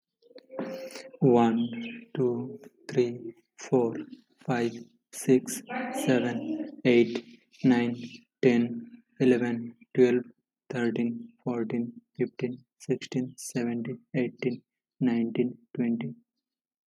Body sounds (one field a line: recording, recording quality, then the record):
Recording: counting at a normal pace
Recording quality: excellent, no background noise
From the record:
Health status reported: healthy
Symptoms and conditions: none ticked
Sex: male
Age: 25 years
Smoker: yes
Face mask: not worn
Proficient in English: yes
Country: India